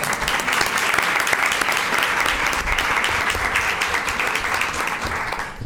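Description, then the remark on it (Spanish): A crowd claps steadily for several seconds, a dense, even patter of many hands that holds at a strong level before easing slightly at the end. The applause is for a grandfather at the Ochavada 2018 short story contest award ceremony. “Un aplauso para el abuelo.”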